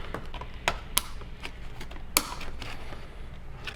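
A plastic bottom panel is fitted into an organizer frame, with light taps and knocks throughout. It clicks into place with sharp snaps at 1.0 s and 2.2 s, and the bottom panel is seated.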